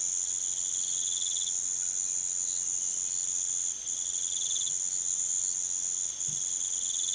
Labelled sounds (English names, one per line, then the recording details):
none
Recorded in pastures near Puerto Asís, Putumayo, Colombia, on 30 June 2025 at 05:00
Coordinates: 0.486, -76.323
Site H29